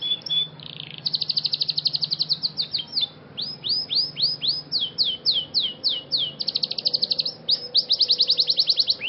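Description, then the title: Scotch Fancy canary delivering long rapid trills alternating with spaced, sweeping descending whistles, continuous and loud throughout, with a faint low hum underneath. Scotch Fancy canary singing actively (gacor) in an elaborate cengkok mewah (luxurious melodic phrasing) song style. "Cengkok Kenari Mewah. KENARI SCOTCH FANCY GACOR CENGKOK MEWAH"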